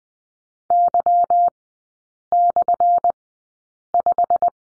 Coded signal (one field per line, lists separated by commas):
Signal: Morse code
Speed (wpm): 20 wpm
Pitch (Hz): 700 Hz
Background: none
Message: Y/5